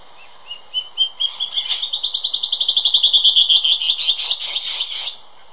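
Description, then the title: Band-tailed antbird song: a fast series of high whistled notes, starting slowly and accelerating into a steady rapid trill of many notes, then ending abruptly. "LuckyPassaro Completos2Sama. Band-tailed Antbird (Hypocnemoides maculicauda)"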